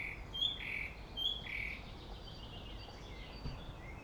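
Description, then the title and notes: Song thrush song: a short whistled note held steady, sung twice in close repetition, then quieter high notes, all over a constant low rumble. Singing bird in a Berlin cemetery, Germany, with distant city traffic noise in the background; recorded on a handheld digital recorder. "Friedhof Columbiadamm, Berlin - Song thrush. Song thrush (Singdrossel) singing, distant city. traffic noise"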